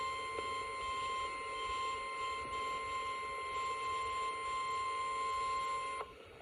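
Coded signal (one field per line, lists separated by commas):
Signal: Emergency Alert System (SAME) tones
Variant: 1050 Hz attention tone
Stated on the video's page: Compilation of real EAS alerts.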